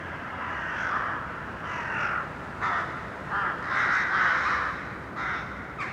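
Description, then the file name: Crows giving a series of loud, hoarse caws in short bursts separated by brief pauses, over a steady background hiss. Crows recorded in an urban setting. "Detunized - Urban Crows"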